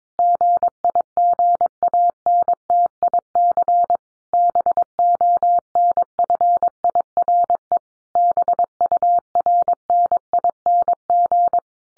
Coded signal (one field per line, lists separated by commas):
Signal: Morse code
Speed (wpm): 22 wpm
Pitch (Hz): 700 Hz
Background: none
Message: GIGANTIC BONFIRE BURNING